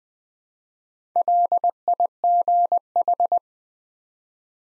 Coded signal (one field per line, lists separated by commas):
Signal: Morse code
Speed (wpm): 20 wpm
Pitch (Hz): 700 Hz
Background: none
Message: LIGH